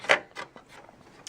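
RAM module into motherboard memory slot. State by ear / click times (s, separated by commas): not seated / none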